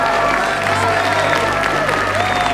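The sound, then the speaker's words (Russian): A theatre audience gives a standing ovation, applauding in a steady, dense wash of clapping that stays loud and even throughout, with faint crowd murmur and some tonal sound underneath. “Сью через силу улыбается и аплодирует.”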